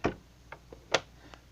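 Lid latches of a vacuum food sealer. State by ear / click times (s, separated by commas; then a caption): seated / 0.0 s, 1.0 s. The plastic lid of a vacuum food sealer is closed over the bag end and pressed down on both sides until its latches click into place, at about 0.0 and 0.9 seconds. A few fainter ticks follow in between and after. The lid is seated, and the clicking is needed or the sealer will not seal.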